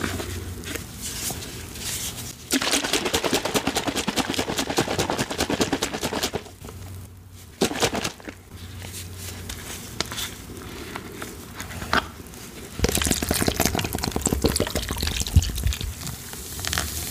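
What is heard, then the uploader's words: Cornstarch is crunched and crumbled in a dense, crackling stream of sharp little snaps. The crunching comes in loud bursts, from about 2.5 to 6.5 seconds and again near 13 seconds, with a brief quieter pause around 7 seconds and softer crackling between. Cornstarch Crunchies.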